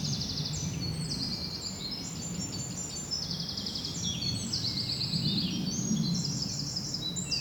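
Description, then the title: Birds keep up a continuous high trilling chorus, notes overlapping densely, with noticeable low rumbling noise underneath. Bird ambience recorded at Rue du Rossignol, Seneffe, Belgium, with a Sony PCM-D100 using its internal microphones. "Rue du Rossignol 7, 7180 Seneffe, Belgique - Birds ambience"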